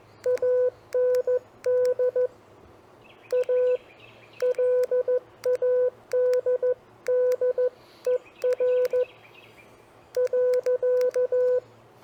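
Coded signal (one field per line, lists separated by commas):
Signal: Morse code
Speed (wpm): 14 wpm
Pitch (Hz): 500 Hz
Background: none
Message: AND A LADDER .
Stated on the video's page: CW copy practice of common phrases, sent on a TR45L or Elecraft KX2 with paddle keys, MC-750 vertical whip, battery powered.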